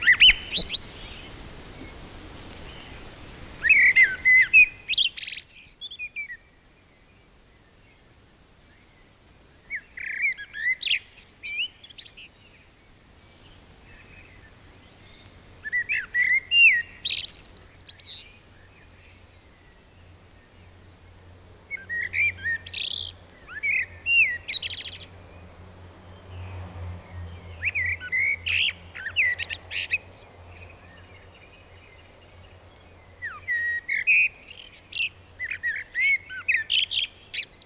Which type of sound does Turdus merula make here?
song